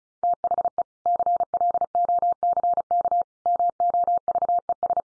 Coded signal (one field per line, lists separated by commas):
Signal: Morse code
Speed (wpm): 34 wpm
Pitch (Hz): 700 Hz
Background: none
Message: THE CLOCK MOVES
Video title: Easy Phrases 35wpm